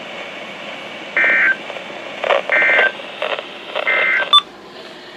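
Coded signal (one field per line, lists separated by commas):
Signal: Emergency Alert System (SAME) tones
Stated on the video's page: Severe weather alerts received from weather radio.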